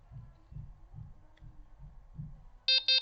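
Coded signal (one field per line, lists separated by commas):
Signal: beep code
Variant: Delkim Rx-D bite alarm receiver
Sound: quiet low thuds, then 2 short buzzy electronic beeps in quick succession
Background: handling thumps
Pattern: 2 short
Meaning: Receiver is ready to toggle the power-on indicator setting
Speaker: And I wait for 2 beeps. 2 beeps.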